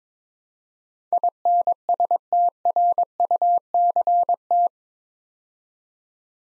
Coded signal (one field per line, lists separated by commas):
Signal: Morse code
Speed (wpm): 22 wpm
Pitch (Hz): 700 Hz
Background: none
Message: INSTRUCT